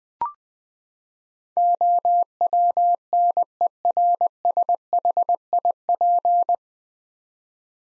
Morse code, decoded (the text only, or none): OWNERSHIP